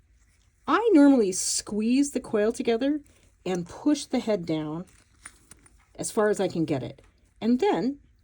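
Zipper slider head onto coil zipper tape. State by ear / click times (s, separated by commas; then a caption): not seated / none. A second zipper slider head is pushed onto nylon coil zipper yardage for a baby sleeper or pajamas, with the coil squeezed together and the head pressed down as far as it will go. Someone talks throughout, with a few faint handling ticks around 5.3 to 5.7 seconds in a pause. Nothing has seated or clicked yet.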